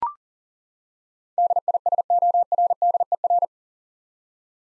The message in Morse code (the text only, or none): DISORDER